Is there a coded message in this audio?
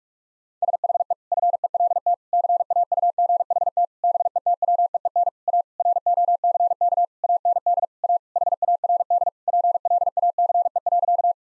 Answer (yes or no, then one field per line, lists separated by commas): yes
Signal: Morse code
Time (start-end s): 0.6-11.3 s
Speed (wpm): 46 wpm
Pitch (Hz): 700 Hz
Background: none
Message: SHE FELT CAUGHT BETWEEN A ROCK AND A HARD PLACE.